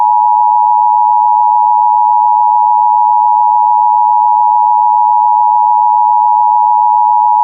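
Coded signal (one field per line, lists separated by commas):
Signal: Emergency Alert System (SAME) tones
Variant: 853 and 960 Hz attention tone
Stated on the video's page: Simulated EAS SAME tones from a fictional emergency alert scenario.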